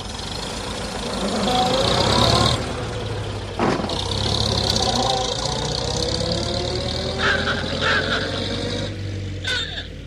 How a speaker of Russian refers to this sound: Руссобалт свернул с Садового кольца на площадь Павелецкого вокзала. Едва автомобиль остановился